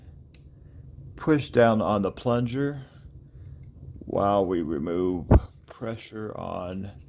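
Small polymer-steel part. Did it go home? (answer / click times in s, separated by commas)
no / none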